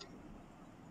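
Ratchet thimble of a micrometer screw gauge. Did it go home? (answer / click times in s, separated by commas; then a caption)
yes / 0.0 s. A metal micrometer screw gauge has an object placed on its anvil, and its ratchet thimble is rotated until the spindle closes on the object. The ratchet slips with a short, sharp click at 0.0 s, the cue to stop and take the reading. Only a low, steady background hum follows for the rest of the second.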